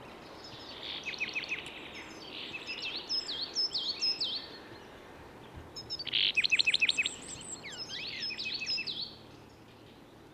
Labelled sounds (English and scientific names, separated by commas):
Willow Tit (Poecile montanus) aggressive call